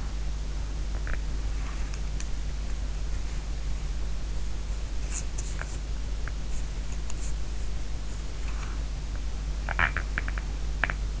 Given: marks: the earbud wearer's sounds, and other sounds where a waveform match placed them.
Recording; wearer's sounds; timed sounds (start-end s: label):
sounds in sleep by an in-ear microphone; swallowing, teeth grinding, breath
0.00-2.51 s: swallowing
4.64-6.46 s: teeth grinding
8.51-9.86 s: breath
9.32-11.20 s: teeth grinding